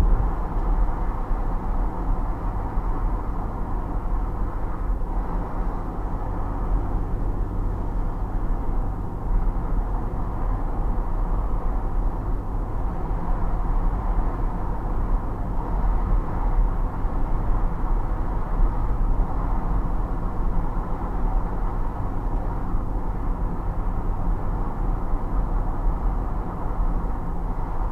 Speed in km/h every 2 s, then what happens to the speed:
51, 51, 50, 50, 51, 53, 53, 51, 51, 51, 51, 51, 50, 51.
0-28 steady at about 51.